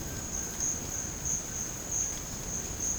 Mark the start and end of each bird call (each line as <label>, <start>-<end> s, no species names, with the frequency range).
bird call (0.8-2.5 kHz), 0.00-2.99 s